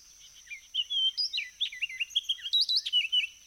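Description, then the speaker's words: Orchard Oriole song, a rapid, varied run of sweet whistled and slurred notes. Singing on a humid June morning that promised to be hot, at the Flat River waterfowl impoundment, North Carolina, USA, where eastern deciduous forest mixes with fields and wetlands. "The orchard orioles sang sweetly at the Flat River waterfowl impoundment, where Kent Fiala recorded their voices."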